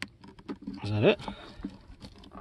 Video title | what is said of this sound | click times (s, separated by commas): 2007 Mercedes S550 windshield washer pump replacement | heard it click wow that was kind of cool this little that's a nice little connector actually | 0.0 s